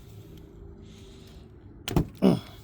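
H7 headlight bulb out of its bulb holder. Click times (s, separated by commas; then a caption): 1.9 s. An old H7 headlight bulb is pulled out of its plastic bulb holder on a 2014 to 2019 Kia Soul, releasing with a sharp pop at 1.9 s after a quiet stretch. It is a firm fit, but the bulb comes free, and a second louder handling burst follows around 2.2 s.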